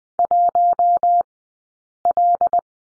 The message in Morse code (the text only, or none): 1L